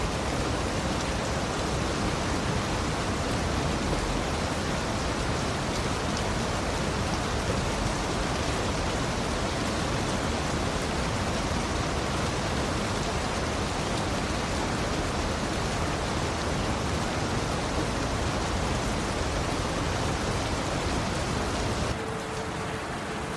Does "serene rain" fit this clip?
yes